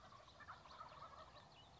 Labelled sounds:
Wild Turkey
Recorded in Sonoma County, California

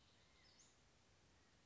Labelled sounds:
Western Flycatcher
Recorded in Sonoma County, California

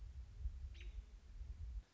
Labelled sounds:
American Robin
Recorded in Sonoma County, California

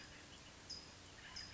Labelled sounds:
California Towhee
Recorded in Sonoma County, California

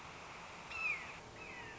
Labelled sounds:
Red-shouldered Hawk
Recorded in Sonoma County, California

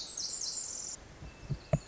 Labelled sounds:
Pacific Wren
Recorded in Sonoma County, California

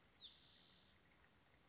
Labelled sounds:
Spotted Towhee
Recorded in Sonoma County, California

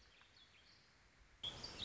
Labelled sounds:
Warbling Vireo
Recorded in Sonoma County, California

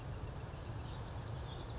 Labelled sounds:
Bewick's Wren
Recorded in Sonoma County, California

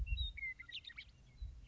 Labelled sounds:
Western Meadowlark
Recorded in Sonoma County, California

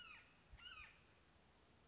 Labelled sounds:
Red-shouldered Hawk
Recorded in Sonoma County, California

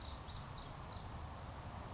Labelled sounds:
California Towhee
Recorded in Sonoma County, California

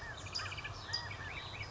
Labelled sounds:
California Quail
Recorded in Sonoma County, California

